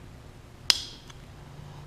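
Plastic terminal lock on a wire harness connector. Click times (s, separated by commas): 0.7 s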